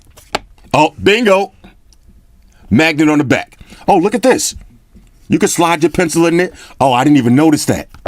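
A tablet is set into the magnetic back holder of a Logitech Slim Folio Pro keyboard folio case and snaps into place with a sharp click at 0.4 s, confirming it is seated. Someone talks through most of the rest of the clip, with a few faint taps in between.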